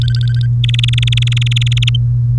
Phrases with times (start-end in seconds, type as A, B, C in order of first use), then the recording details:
0.02-0.46 A, 0.64-1.96 B. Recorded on 3 May 2018 at 08:55. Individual llb3